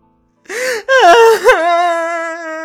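A loud, anguished wail from someone who covers their face and bursts into tears: a sharp gasping sob gives way to quavering, broken cries that stretch into one long, sustained high-pitched howl of weeping, the mournful crying filling the whole room.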